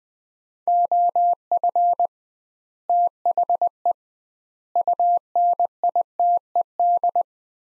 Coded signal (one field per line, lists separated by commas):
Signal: Morse code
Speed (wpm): 21 wpm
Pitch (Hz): 700 Hz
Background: none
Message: OF THE UNITED